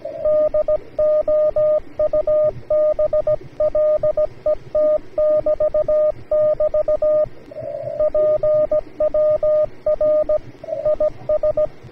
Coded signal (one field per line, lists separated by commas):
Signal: Morse code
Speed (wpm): 17 wpm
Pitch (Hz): 610 Hz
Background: radio noise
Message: DOUBLET<BT><BT> PWR IS